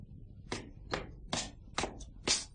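knocking on a door

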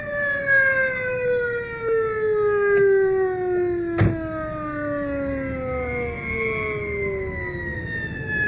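ambulance siren

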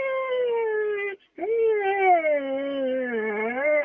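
dog whining

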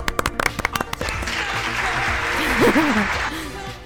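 applause

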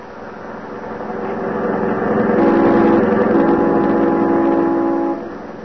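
car engine running

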